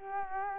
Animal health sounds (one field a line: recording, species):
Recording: mosquito wingbeat signal from an infrared sensor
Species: Culex quinquefasciatus